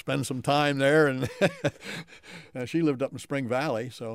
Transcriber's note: chuckles